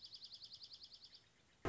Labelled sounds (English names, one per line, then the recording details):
Dark-eyed Junco
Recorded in Sonoma County, California